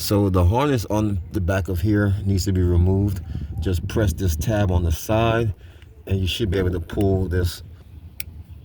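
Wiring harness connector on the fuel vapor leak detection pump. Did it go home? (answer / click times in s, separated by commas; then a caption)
released / 8.2 s. On a 2011 Toyota Camry 2.5L, the side tab on the wiring harness connector at the back of the fuel vapor leak detection pump is pressed to unlock it while someone talks. A short, sharp click at 8.2 s marks the connector tab releasing, so the harness can be pulled off.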